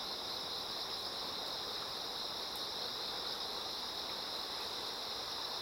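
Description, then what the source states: Insects singing in a dense, continuous high drone, set against the constant rush of moving water. Many insects singing in chorus beside a slowly flowing river.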